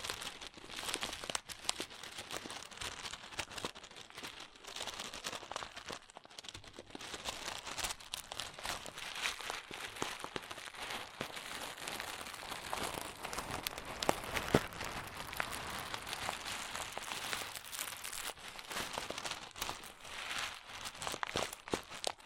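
Crunchy slime being squeezed and worked, giving a dense, continuous run of bright crackling and crinkling pops. The clicks come rapidly and irregularly for the whole stretch, with brief sharper bursts around the middle and little low sound underneath.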